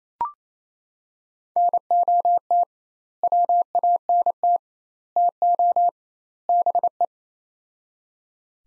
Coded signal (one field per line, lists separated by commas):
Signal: Morse code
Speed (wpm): 28 wpm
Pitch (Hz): 700 Hz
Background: none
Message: NOT WANT TO BE